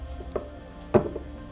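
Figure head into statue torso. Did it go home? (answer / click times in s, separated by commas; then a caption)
no / none. A collector fits the small head of a 1/10 scale figure onto its statue torso one-handed, producing light plastic-like handling taps around 0.4 s and 1.0 to 1.2 s. Nothing has seated or clicked yet.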